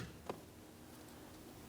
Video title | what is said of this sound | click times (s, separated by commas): How to Replace Combination Switch 2015-2025 Ford Transit 250 | Press it in till you hear an audible click from each one of those locking tabs. | 0.3 s